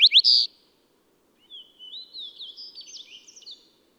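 Bird song: a loud phrase ends abruptly, and after a pause a softer, longer string of thin whistles and quick chirps follows.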